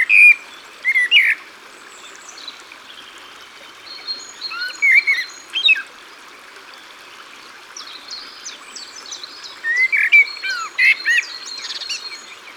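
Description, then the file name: Common blackbird song, mellow fluted phrases repeated in bursts, set against a constant rush of stream water and scattered high twittering from other birds. Singing beside the water. "Merle noir Au bord de leau"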